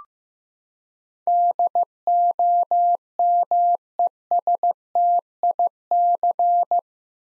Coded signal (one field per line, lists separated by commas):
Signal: Morse code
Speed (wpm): 15 wpm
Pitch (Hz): 700 Hz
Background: none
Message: DOMESTIC